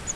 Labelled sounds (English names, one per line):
Grace's Warbler flight call